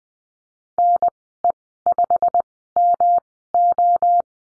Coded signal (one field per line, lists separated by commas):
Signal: Morse code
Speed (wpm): 20 wpm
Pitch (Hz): 700 Hz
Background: none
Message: NE5MO